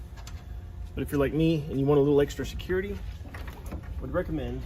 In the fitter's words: once that's all working you can take your parking light and it just kind of clicks into place